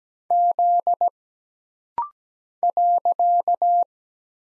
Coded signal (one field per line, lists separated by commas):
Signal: Morse code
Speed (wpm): 17 wpm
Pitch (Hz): 700 Hz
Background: none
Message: Z .